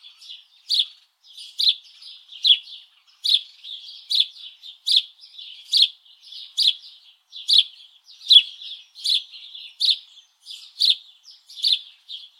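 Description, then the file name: House Sparrow chirping, a steady run of sharp, bright chirps around one per second, each with a high upper flick, repeated throughout with softer chatter between them. "Passer domesticus"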